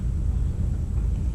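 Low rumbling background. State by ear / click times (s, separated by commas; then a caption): not seated / none. A lock cylinder with the key inserted is turned in its lock housing toward the release detent, where the retaining pin can be depressed to pull it out. Only a steady low rumble is heard, with no distinct click. Nothing has clicked or seated yet.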